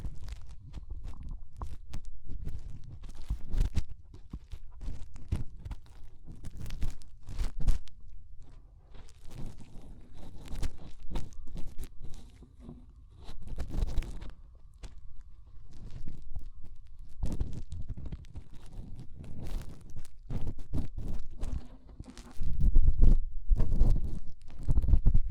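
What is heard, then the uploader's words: Muffled rubbing and thumping of fingers inside the ear, with dense irregular low scrapes and sharp clicks throughout, louder near the end. ASMR Inner Ear Cleaning Using Fingers 3Dio (No Talking).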